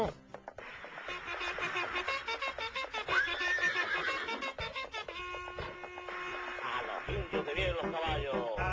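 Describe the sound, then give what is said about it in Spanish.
Several shrill, wavering horse whinnies rise and fall over a dense, clattering wash of noise, keeping up a loud, busy commotion for about nine seconds. “Indios que vienen los caballos”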